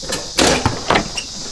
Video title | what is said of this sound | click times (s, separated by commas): How to Install a Backup Camera in a Toyota 4Runner - Step-by-Step Guide | pops into place okay | 0.4 s, 0.7 s, 0.9 s